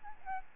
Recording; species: mosquito wingbeat signal from an infrared sensor; Aedes albopictus